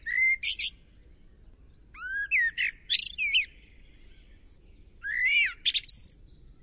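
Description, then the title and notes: Bird song in three bursts of quick whistled and trilled notes, with pauses between them over a low rumbling background. "Bird Sound. Kicau Burung Lengkap"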